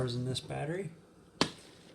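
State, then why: Seated. Someone talks as a battery pack is pushed into the bottom of a Hoover Air Cordless Lift cordless upright vacuum. At 1.4 s the pack snaps home with one sharp click and is seated in place.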